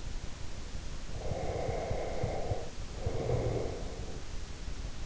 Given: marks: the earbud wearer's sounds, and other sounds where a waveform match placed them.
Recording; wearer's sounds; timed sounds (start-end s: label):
sounds in sleep by an in-ear microphone; breath
1.21-4.20 s: breath